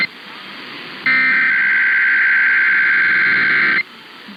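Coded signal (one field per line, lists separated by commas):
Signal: Emergency Alert System (SAME) tones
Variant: header bursts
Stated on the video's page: Required Monthly Test relayed on AM broadcast station at 1530 kHz.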